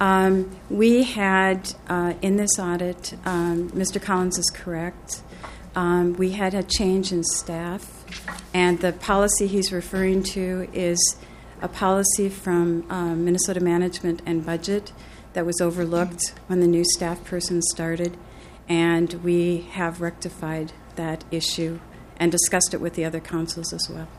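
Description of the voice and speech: An adult woman speaks clearly and fluently at an ordinary pace with brief natural pauses; typical speech.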